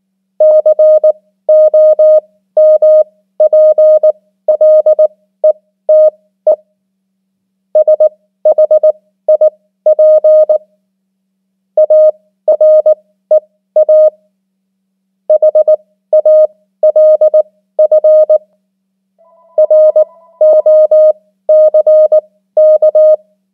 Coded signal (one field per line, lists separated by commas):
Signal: Morse code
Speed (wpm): 19 wpm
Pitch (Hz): 620 Hz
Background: none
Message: COMPLETE SHIP AREA HALF ROCK